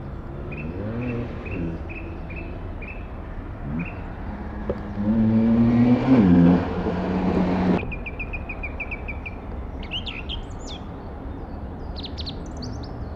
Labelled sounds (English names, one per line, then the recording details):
Song Thrush song
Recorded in the wild
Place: Hafling, Bozen, IT
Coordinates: 46.5306, 10.9525
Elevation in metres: 1302
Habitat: mountains
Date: 1981-03-26
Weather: bedeckt
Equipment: Uher 4000 Report, Sennheiser MKH 815 T
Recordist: Tretzel, Erwin